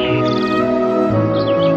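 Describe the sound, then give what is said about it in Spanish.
Birds sing in short, high, repeated chirping trills, first in a quick run and then again near the end, over a steady, sustained tonal drone that plays throughout. “Las aves cantan de nuevo”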